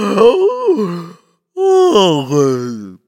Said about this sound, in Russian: Широко зевнув, заявил пират Буль-Буль.